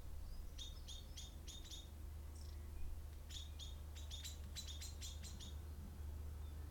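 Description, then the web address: Bird song: short clusters of sharp high chirps separated by brief pauses, over a constant low engine-like hum. Recorded with cars passing by. "wikipedia commons Birds songs and cars passing by"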